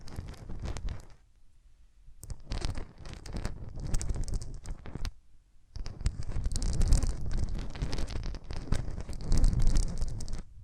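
Hands rubbing over ears make dense, scratchy friction sounds in bursts, with quiet pauses near two and five seconds, then continuous rubbing.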